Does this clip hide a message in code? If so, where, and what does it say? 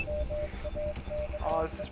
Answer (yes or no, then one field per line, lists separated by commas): yes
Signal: Morse code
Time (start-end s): 0.1-1.8 s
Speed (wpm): 21 wpm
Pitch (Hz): 600 Hz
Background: speech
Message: MAKE